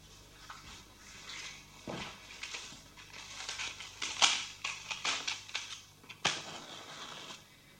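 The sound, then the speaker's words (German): Soft rustling and fumbling at home in the dark, with scattered clicks and clatters and a few sharp, bright strikes, as someone gropes for a lighter and lights a lamp. No voices. “Wir wollen Licht anzünden.”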